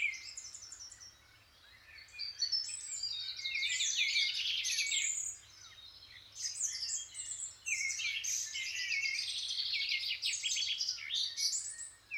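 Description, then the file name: Birds singing together, dense high twittering and trills in loud bursts with brief quieter gaps, over a faint low hum. Birds waking up. "L'éveil des oiseaux (extrait)"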